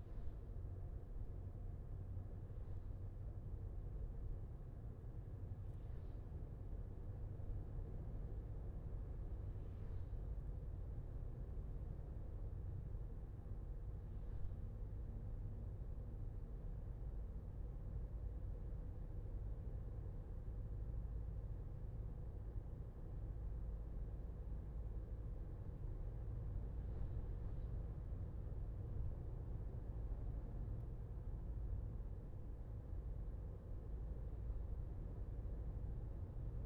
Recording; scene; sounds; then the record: everyday scene through a hearing-aid microphone; in a vehicle; engine, highway driving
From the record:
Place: Skoda Fabia, gasoline engine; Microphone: behind the ear, left, rear